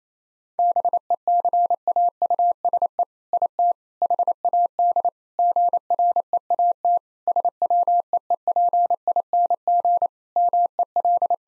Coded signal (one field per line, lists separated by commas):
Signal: Morse code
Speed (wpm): 28 wpm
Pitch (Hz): 700 Hz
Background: none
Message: BECAUSE IT HAD GREAT SWEEPING MEL